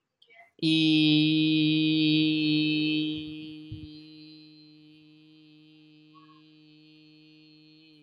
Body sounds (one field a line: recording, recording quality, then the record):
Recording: sustained vowel as in beet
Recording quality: excellent, no background noise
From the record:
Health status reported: healthy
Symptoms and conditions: cough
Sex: male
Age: 18 years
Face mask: not worn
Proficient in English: yes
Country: India